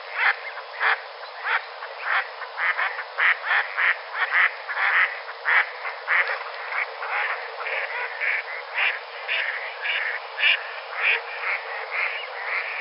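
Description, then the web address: Mallards uttering a long run of rough, clipped quacks. Mallards flying. "Duck Mallards Flying"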